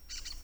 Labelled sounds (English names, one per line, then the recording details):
Brown-throated Parakeet contact call
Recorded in Venezuela
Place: Tumeremo, Edo. Bolivar; Cerca de la casa de Los Guaicas. Corral de los caballos. Varias matas con comejenes
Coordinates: 7.218, -61.386